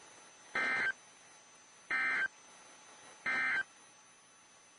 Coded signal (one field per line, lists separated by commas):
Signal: Emergency Alert System (SAME) tones